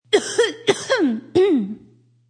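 Three sharp cough bursts in about two seconds, each trailing into a voiced, falling groan-like tail, over a steady low hum. An acted adult female cough, meant to sound sick.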